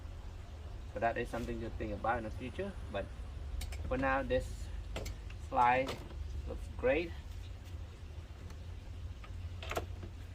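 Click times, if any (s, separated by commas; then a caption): 9.7 s. Someone talks over a steady low rumble while a 250-pound heavy-duty locking drawer slide carrying a 12V fridge in a van cabinet of a 2021 Mercedes Metris is pushed closed. A few faint ticks come near the end of its travel, then a short metallic click at 9.7 s as the slide locks in place.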